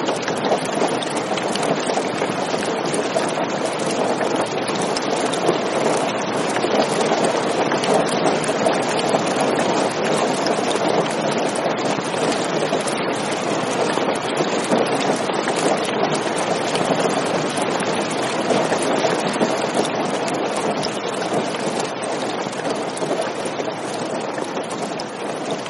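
Heavy rain pours down in a dense, unbroken hiss that holds the same level for the whole stretch. The sound is full, centred in the middle range with a bright spattering edge and little low rumble beneath.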